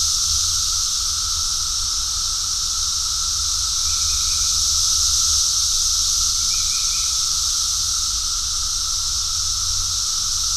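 Cicada chorus, a loud continuous high buzz with a steady lower whine, two short faint chirping bursts, and an intermittent low hum.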